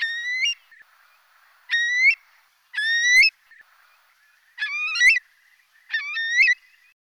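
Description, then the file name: Eurasian curlew giving five rising whistled calls, each sweeping upward at the end. Filtered. "CHIURLO"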